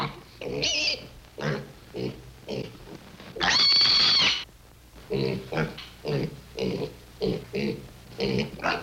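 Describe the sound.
Pig grunting repeatedly, with a single drawn-out piercing squeal partway through.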